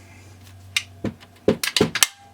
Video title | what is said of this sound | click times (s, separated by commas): Front wheel brakes and fitment on bike | you heard it click and go home so i know that it's laying flat there but look at that | 2.0 s